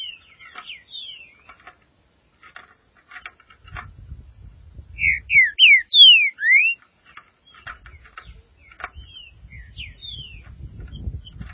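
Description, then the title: Green-winged saltator song: one burst of several strong slurred whistles midway, with scattered faint clicks and soft chips before and after and low rumble. "Trinca Ferro"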